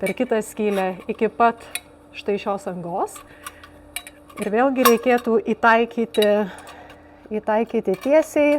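A metal part of a Smokai cold and hot smoking kit is lined up and guided straight into the opening of the smoking cylinder, ready to be turned so it twist-locks into place. Someone talks throughout while light metallic clinks and scrapes sound, with sharp knocks around 3.6, 4.0 and 4.1 s. Nothing has seated or locked yet.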